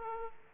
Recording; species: mosquito wingbeat signal from an infrared sensor; Aedes aegypti